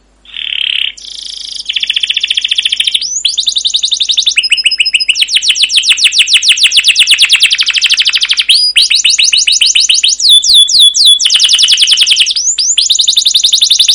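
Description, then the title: Canary in long continuous song: fast rolling trills and buzzy pulsed phrases, shifting pitch every few seconds without pause. Long, continuous rolling canary song with cuit cuit notes, used as a lure to prompt other canaries to sing. "CUIT CUIT NGEROL LANGSUNG GACOR PANJANG Kenari Ini AMPUH Utk Pancingan KENAR. Masteran Suara Burung Kenari Gacor Panjang cuit cuit Ngerol untuk Pancingan Kenari!"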